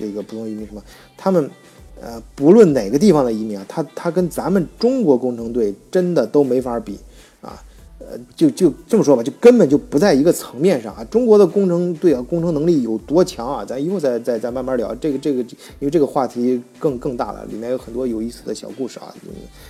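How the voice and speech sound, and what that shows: Adult male speaking Mandarin Chinese with stuttering: repeated syllables and words such as "zai zai zai", "zhege zhege" and "jiu jiu", with filled pauses. The stutter is congenital and dates from childhood, when it was very severe; constant practice has since made it less severe.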